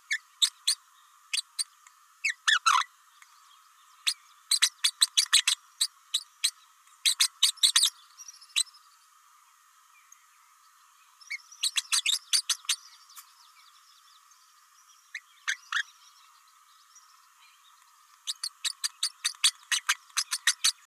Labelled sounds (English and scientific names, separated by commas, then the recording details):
Green-rumped Parrotlet (Forpus passerinus) babbling
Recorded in a nest box in Venezuela
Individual 18B104A5